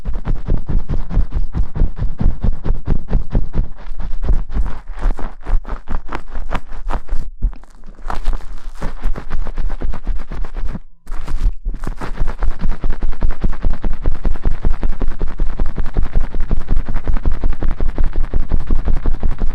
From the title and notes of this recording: ASMR白丝姐姐暴力洗头助眠 免疫必备 触发音wash hair Shampoo.